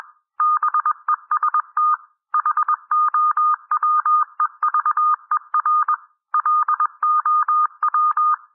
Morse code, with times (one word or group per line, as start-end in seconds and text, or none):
0.4-1.9 BEST
2.3-5.9 HOWEVER
6.3-8.3 LOW